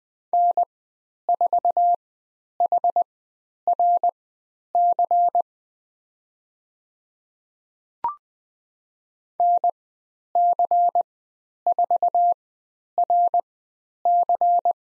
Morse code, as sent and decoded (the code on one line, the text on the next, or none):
-. ....- .... .-. -.-. / -. -.-. ....- .-. -.-.
N4HRC NC4RC